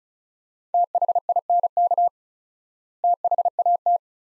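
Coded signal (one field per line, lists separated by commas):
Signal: Morse code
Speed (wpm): 36 wpm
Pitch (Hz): 700 Hz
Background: none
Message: THINK THAT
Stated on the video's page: Morse practice at 35 wpm sending two-word sets with 4x word spacing, a Farnsworth-like method applied to words; each set is sent, spoken, then sent again.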